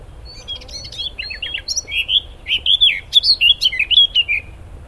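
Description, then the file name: Eurasian blackcap singing: a quiet chattering warble building into a run of rich, loud fluting notes. "Sylvia atricapilla"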